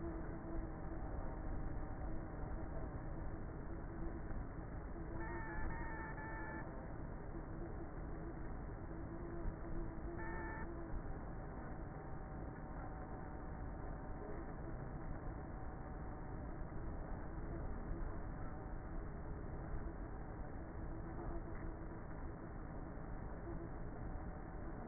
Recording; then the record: honeybee colony, microphone inside the hive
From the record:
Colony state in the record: queenless with a low population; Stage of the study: before two queens were removed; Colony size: about 30,000 bees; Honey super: no